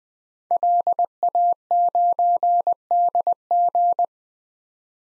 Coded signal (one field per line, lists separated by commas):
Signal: Morse code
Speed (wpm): 20 wpm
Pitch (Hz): 700 Hz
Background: none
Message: LA9DG